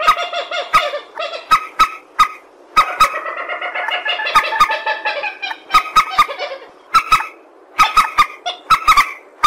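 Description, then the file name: Purple swamphen calls: raucous nasal honks alternate with sharp clicks, and a drawn-out grating cackle fills the middle section. "tieng trich re keu"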